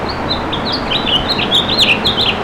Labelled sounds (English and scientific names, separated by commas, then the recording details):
House Finch (Haemorhous mexicanus) song
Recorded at Merrick on Long Island, New York, on 17 May 2013
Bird D